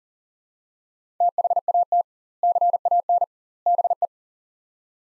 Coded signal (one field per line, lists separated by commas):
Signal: Morse code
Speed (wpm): 40 wpm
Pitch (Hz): 700 Hz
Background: none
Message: THAT CAN BE